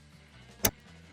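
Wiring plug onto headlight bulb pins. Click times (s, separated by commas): 0.7 s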